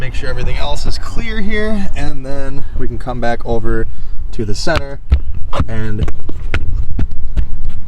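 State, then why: Seated. Someone talks while the center section of a Medesasi rubber all-weather floor mat for a 2019+ Ram 1500 Crew Cab is pushed down onto the adjoining mat's snap. A sharp snap at 6.5 s marks it locking into place, joining the two sections as one piece.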